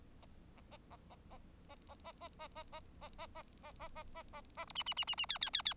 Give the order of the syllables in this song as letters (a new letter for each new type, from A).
A A A A A A A A A A A A A A A A A A A A A A B C C C C C D D D D